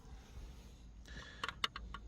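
A plastic interior trim cover on a 2019-2021 Honda Civic is pushed back onto the car's interior trim so its clips snap into place. After a soft rustle, a quick run of sharp plastic clicks comes at about 1.4, 1.5, 1.6, 1.8 and 1.9 seconds, with the loudest snap at 1.6 seconds. The trim panel clips are seated.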